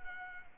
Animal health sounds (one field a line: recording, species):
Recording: mosquito wingbeat signal from an infrared sensor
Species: Culex pipiens